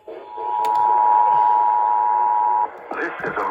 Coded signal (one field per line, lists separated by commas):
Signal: Emergency Alert System (SAME) tones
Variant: 853 and 960 Hz attention tone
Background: speech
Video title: KSL YOU DIDN’T FAIL ME THIS TIME! | Required Monthly Test EAS#419-423